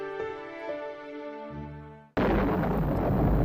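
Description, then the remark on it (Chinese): Sustained tonal music gives way abruptly to a loud, rumbling explosive blast from quarrying a mountain at the ground-breaking of the Ming Tombs (Shisanling) Reservoir in Changping, north of Beijing, on 21 January 1958, a dense roar that holds steady to the end with no voices. “1958年1月21日，京北昌平温榆河支流上，隆隆的开山炮声中，一项注定会载入新中国史册的工程正式破土动工。”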